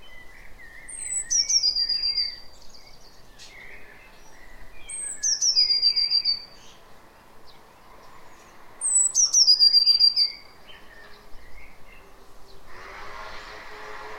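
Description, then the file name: Eurasian blue tit song, very high thin notes sliding down into a fast trill, repeated three times with lower chirps between phrases. "Cyanistes caeruleus"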